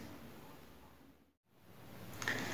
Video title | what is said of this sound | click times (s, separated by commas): CAR HORN-HOW TO FIX-TEST-REPLACE-ADJUST AND MORE | it should click into place without a problem so | 2.2 s